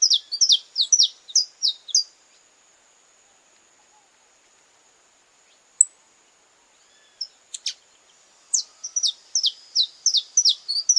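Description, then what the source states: Belgian canary: a brisk string of high descending whistles, a long near-silent gap with a few stray clicks, then the rapid whistled phrase resumes. Purebred Belgian canary.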